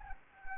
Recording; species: mosquito wingbeat signal from an infrared sensor; Anopheles gambiae